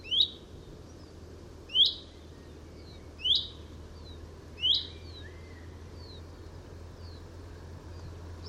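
Chaffinch calls: short upslurred whistled notes repeated about every one and a half seconds, four in the first five seconds, over a low steady hum.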